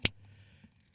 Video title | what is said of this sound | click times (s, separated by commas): Mazda CX-9 Key Fob Battery Replacement | clicks in place and that's how you change the battery in your mazda remote | 0.0 s